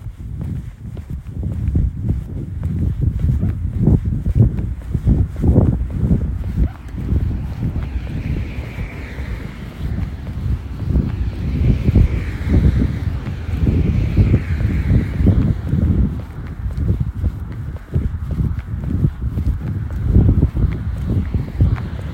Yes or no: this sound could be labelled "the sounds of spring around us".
yes